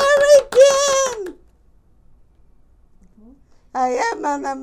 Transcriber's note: bangs her fists on the table for emphasis